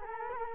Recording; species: mosquito wingbeat signal from an infrared sensor; Culex quinquefasciatus